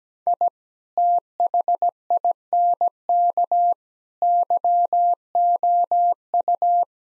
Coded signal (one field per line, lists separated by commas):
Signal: Morse code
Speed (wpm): 17 wpm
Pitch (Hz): 700 Hz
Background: none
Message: I THINK YOU